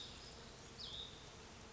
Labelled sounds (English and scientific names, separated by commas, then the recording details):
Hutton's Vireo (Vireo huttoni)
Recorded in Sonoma County, California